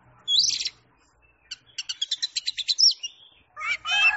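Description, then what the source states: Oriental magpie-robin singing: a bright whistled flourish, a pause, then a fast run of clipped repeated notes and a harsh, buzzy closing phrase. Champion singing bird.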